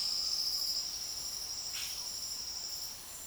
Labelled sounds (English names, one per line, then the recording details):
Yellow-rumped Cacique
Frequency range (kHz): Yellow-rumped Cacique 0.9-12.7 kHz
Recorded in dense forest near Puerto Asís, Putumayo, Colombia, on 18 February 2024 at 09:00
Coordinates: 0.502, -76.326
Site G6460